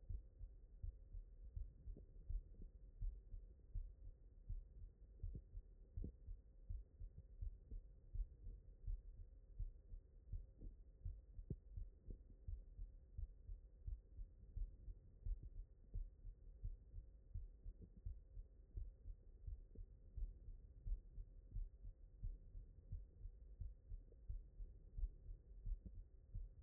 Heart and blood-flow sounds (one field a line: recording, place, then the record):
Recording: heart sounds by stethoscope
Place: mitral valve (MV)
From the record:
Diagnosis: non-HFrEF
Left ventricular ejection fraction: 62%